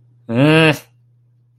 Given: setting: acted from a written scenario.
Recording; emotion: vocal sound without words; negative surprise